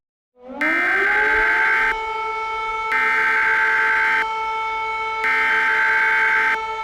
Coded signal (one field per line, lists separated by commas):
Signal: Emergency Alert System (SAME) tones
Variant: header bursts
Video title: 28-3 | An EAS Scenario